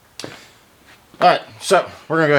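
A steel drivetrain part, likely the torque converter, is rotated and pushed onto a rebuilt 4L80E transmission being built to 1000 hp for an LS-swapped S10, onto the input shaft/pump. A sharp metallic click is heard at 0.2 s as the last spline engages and the part drops fully home, fully seated. Then someone talks.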